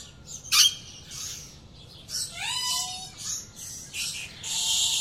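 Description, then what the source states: Rainforest birds: several birds call together, with a sharp loud note, tumbling high chatters and a smooth whistled slur near the middle, then a loud buzzy wash at the end. Multiple birds in a South American rainforest jungle at dawn.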